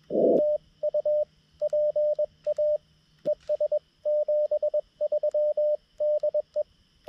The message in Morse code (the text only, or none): TU PA ES 73 DE